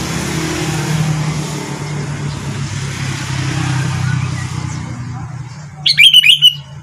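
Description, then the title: Sooty-headed bulbul delivering a short, lively burst of whistled notes near the end, with a low drone of traffic throughout. "Kutilang"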